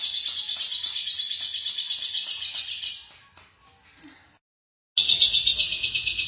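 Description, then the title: Lovebird chattering song, a rapid high-pitched twitter for about three seconds, a pause, then another loud burst of fast chatter. "BM Suara Burung Lovebird"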